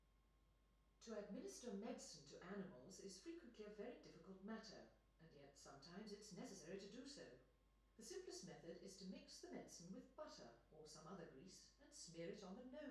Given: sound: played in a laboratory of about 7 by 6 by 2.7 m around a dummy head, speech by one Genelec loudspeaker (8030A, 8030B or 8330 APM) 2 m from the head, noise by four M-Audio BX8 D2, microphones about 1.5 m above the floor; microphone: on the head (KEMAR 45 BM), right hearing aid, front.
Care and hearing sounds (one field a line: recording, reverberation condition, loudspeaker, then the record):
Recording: female speech in English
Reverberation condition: medium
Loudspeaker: 120 degrees to the left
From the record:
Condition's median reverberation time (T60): about 510 ms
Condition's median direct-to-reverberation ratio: about -0.5 dB